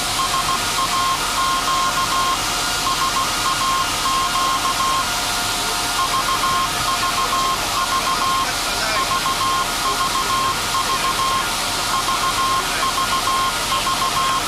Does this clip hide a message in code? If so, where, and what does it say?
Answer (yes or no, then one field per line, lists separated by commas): yes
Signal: Morse code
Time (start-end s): 0.2-14.4 s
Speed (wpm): 16 wpm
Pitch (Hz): 1060 Hz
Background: none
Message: SAQ SAQ VVV VVV VVV